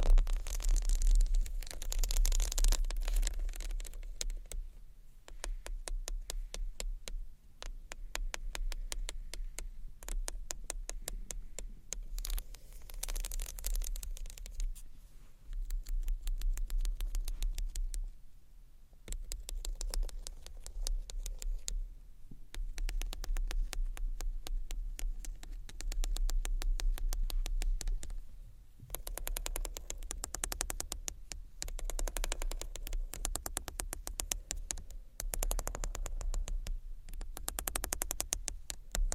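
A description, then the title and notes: Tiny bottles are handled against a textured bag, making rapid, dense clicking and crinkling taps that come in bursts. Short quiet pauses break the flow every few seconds, around 5, 15, 18 and 22 seconds, while a low steady hum runs underneath throughout. ASMR Tiny Bottles Vs Textured Bag Which One You Choose（No Talking）.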